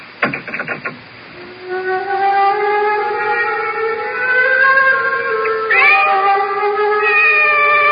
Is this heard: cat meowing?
yes